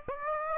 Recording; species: mosquito wingbeat signal from an infrared sensor; Aedes aegypti